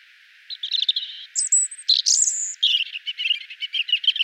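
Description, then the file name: European robin song: warbled notes, then a high sustained whistle, then a rapid scratchy trill running to the end. "Erithacus rubecula"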